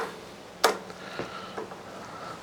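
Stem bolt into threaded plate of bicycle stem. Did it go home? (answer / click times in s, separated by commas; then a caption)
no / 0.6 s. A torque wrench tightens a stem bolt toward 6 Nm into the small replaceable threaded plate of a bicycle's one-piece stem and handlebar. A sharp crack at 0.6 s is followed by fainter ticks. The plate's thread strips instead of tightening, damaged by earlier overtightening.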